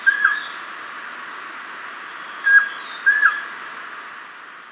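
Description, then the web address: Crested quetzal calling, brief bent whistles, one single note then a closely spaced pair, against constant faint hiss. Ecuador. "Birds of Ecuador. Crested Quetzal"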